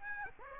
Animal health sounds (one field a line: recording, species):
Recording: mosquito wingbeat signal from an infrared sensor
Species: Aedes aegypti